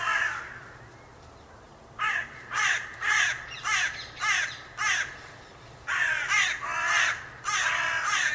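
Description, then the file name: Carrion crow giving harsh, hoarse caws, a fainter one first, then a run of about six short calls and a few longer, broader ones near the end. "Corvus corone"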